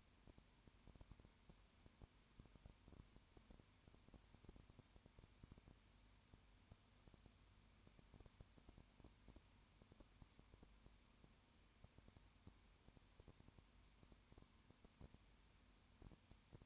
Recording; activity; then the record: daily activity, microphone in the room; no activity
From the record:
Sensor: 2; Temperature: 20.8 degrees Celsius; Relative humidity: 38.3%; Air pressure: 1010.4 hPa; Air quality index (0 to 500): 200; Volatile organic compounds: 19 ppm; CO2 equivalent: 2654 ppm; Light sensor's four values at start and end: 2/3/2/2 and 2/3/2/2